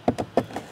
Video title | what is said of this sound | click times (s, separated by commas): Best Tacoma Sound Upgrade | past it i think there you could hear it pop up a little bit in the front | 0.1 s, 0.4 s